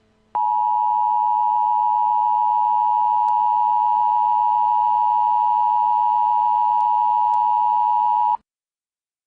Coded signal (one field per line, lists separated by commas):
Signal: Emergency Alert System (SAME) tones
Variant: 853 and 960 Hz attention tone